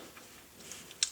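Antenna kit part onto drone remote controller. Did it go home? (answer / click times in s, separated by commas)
yes / 1.0 s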